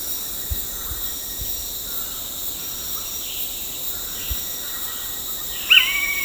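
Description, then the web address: Blue-headed pitta making one brief sharp whistled note at the very end, then a short level tail, against steady high-pitched insect buzzing. Recorded at Danum on 9 August 2009. "DANUM 20090809. sound blue-headed pitta"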